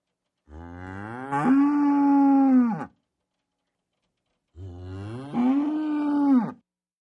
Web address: cows